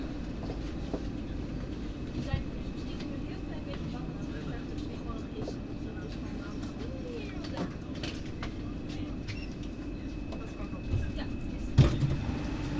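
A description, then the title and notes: A metro ride between Rotterdam Coolhaven and Schiedam Centrum, carried on a steady low rumble of the moving train. Faint voices and scattered clicks and rattles come through, with a thin constant tone above, and a sharper knock or thump near the end. Metro Rotterdam Coolhaven - Schiedam Centrum.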